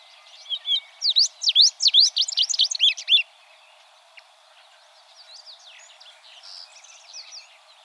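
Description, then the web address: Tropeiro seedeater singing a fast series of bright, swooping whistled notes for about three seconds, followed by softer scattered twittering. "sound Tropeiro-seedeater. صدای-پرنده-دانه-خوار-تروپیرو"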